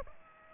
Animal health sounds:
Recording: mosquito wingbeat signal from an infrared sensor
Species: Aedes aegypti

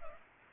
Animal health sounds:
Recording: mosquito wingbeat signal from an infrared sensor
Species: Culex pipiens

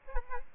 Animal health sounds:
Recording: mosquito wingbeat signal from an infrared sensor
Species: Aedes albopictus

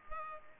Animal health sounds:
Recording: mosquito wingbeat signal from an infrared sensor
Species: Culex pipiens

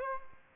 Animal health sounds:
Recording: mosquito wingbeat signal from an infrared sensor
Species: Aedes albopictus

